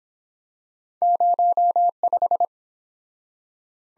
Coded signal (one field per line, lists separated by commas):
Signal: Morse code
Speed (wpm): 26 wpm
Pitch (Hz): 700 Hz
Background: none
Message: 05